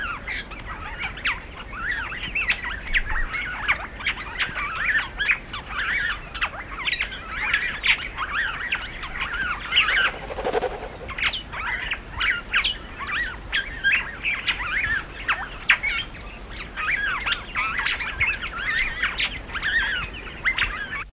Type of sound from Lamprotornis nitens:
song